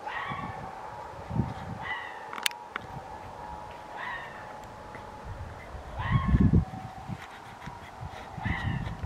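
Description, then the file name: Red fox giving several yelping barks, with a thin steady tone and low rumbling noise in the background. Recorded 29 January 2024. "20240129 kitsune"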